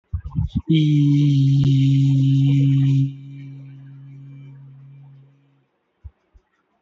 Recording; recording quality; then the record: sustained vowel as in beet; moderate, slight background noise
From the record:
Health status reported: healthy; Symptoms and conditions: none ticked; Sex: male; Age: 59 years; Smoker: not ticked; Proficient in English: yes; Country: India